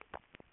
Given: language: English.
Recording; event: throat vibration sensor signal played as sound; swallow